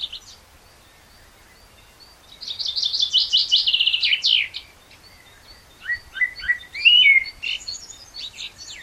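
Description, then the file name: Common blackbird giving a long, fast, squeaky twitter, then varied whistled and chirping notes. "Turdus merula"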